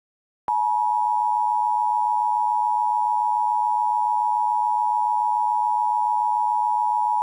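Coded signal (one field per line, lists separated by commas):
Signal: Emergency Alert System (SAME) tones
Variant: 853 and 960 Hz attention tone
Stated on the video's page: Fictional Looney Tunes-themed EAS scenario that uses valid SAME tones.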